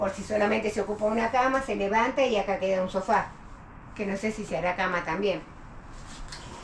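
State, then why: Seated. A fold-up bunk bed in an RV is lifted against the wall into its raised position while someone talks. After a quieter stretch, a short click at 6.3 s marks the bunk latching into place.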